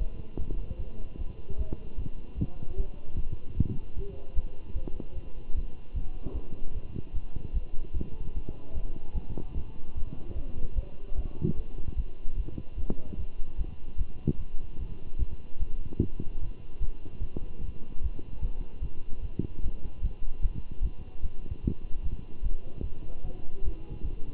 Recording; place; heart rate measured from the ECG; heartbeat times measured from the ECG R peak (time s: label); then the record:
heart sounds by stethoscope; between the tricuspid and mitral areas; 150 bpm
0.38 s: heartbeat
0.78 s: heartbeat
1.18 s: heartbeat
1.58 s: heartbeat
1.97 s: heartbeat
2.37 s: heartbeat
2.77 s: heartbeat
3.16 s: heartbeat
3.56 s: heartbeat
3.96 s: heartbeat
4.35 s: heartbeat
4.75 s: heartbeat
5.15 s: heartbeat
5.55 s: heartbeat
5.94 s: heartbeat
6.34 s: heartbeat
6.74 s: heartbeat
7.14 s: heartbeat
7.54 s: heartbeat
7.94 s: heartbeat
8.34 s: heartbeat
8.74 s: heartbeat
9.14 s: heartbeat
9.55 s: heartbeat
9.95 s: heartbeat
10.35 s: heartbeat
10.75 s: heartbeat
11.16 s: heartbeat
11.56 s: heartbeat
11.96 s: heartbeat
12.36 s: heartbeat
12.77 s: heartbeat
13.18 s: heartbeat
13.57 s: heartbeat
13.98 s: heartbeat
14.38 s: heartbeat
14.79 s: heartbeat
15.19 s: heartbeat
15.59 s: heartbeat
16.00 s: heartbeat
16.40 s: heartbeat
16.80 s: heartbeat
17.21 s: heartbeat
17.61 s: heartbeat
18.02 s: heartbeat
18.41 s: heartbeat
18.81 s: heartbeat
19.22 s: heartbeat
19.62 s: heartbeat
20.02 s: heartbeat
20.42 s: heartbeat
20.82 s: heartbeat
21.22 s: heartbeat
21.63 s: heartbeat
22.03 s: heartbeat
22.43 s: heartbeat
22.83 s: heartbeat
23.23 s: heartbeat
23.64 s: heartbeat
24.03 s: heartbeat
From the record:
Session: Bruce protocol treadmill stress test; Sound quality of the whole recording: good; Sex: male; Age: 23 years